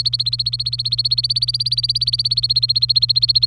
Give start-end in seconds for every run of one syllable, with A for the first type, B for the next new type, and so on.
0.00-3.46 A